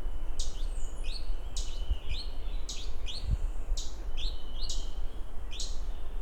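Rusty-faced parrot giving sharp high chattering calls in quick repeated bursts, several over six seconds, over steady low rumbling noise.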